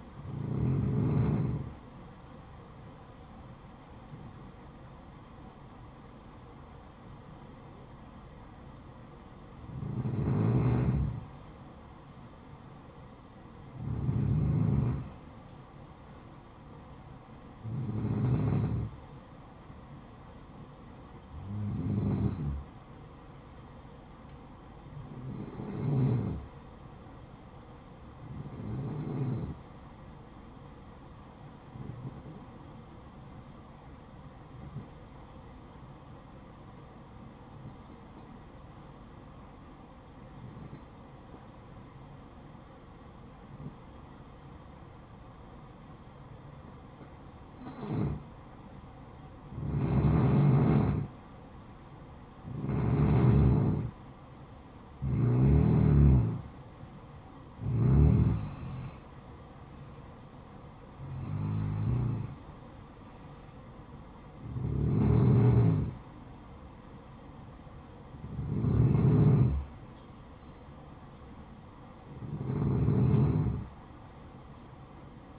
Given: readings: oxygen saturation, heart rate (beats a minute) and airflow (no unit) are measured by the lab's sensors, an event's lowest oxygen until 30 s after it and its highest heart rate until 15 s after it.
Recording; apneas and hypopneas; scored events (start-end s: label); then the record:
breathing in sleep by a smartphone at the bedside; 1
22.00-52.00 s: new sleep stage, N2 (light sleep)
27.00-52.80 s: hypopnea (N2, oxygen 94% highest, then 90% lowest, heart rate 63 at the start, 64 highest)
52.00-75.39 s: new sleep stage, N1 (lightest sleep)
From the record:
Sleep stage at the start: N1 (lightest sleep); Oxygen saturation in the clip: 90 to 95%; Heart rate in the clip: 53 to 64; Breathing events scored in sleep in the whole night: 573 in 9.8 hours asleep